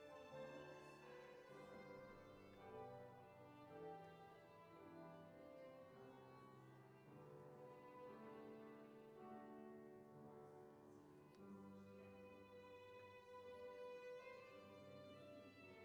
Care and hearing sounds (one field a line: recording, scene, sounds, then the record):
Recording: everyday scene through a hearing-aid microphone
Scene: reverberant space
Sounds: music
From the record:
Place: church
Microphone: behind the ear, right, rear